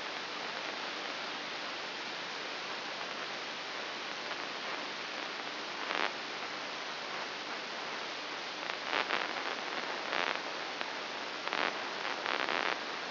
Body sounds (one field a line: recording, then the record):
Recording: brain microelectrode recording played as sound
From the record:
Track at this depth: inside the subthalamic nucleus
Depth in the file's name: 4.002 mm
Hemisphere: right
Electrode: 3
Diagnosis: Parkinson's disease